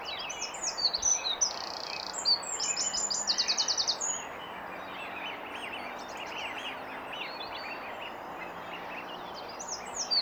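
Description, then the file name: Eurasian wren song: rapid, very high trills and buzzy rattling bursts during the first four seconds, then fainter scattered high notes over a steady background hiss. "Troglodytes troglodytes"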